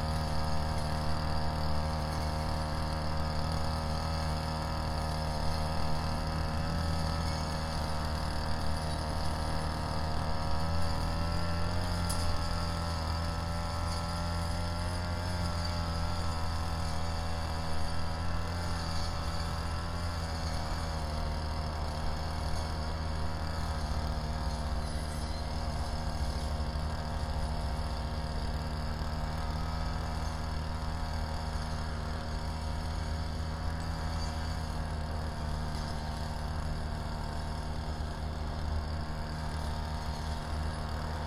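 A grass cutter drones on without a break, mowing steadily, its engine a dense, even hum with strong low tones and a buzzing whine above. The pitch rises and dips slightly as the load changes, especially between about 8 and 22 seconds, while the overall level stays constant throughout.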